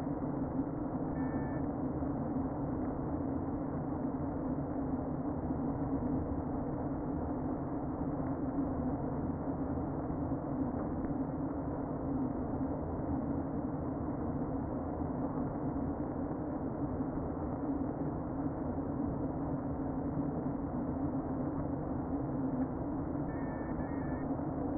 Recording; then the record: honeybee colony, microphone inside the hive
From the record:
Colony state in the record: queen present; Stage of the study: before two queens were removed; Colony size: about 60,000 bees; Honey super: yes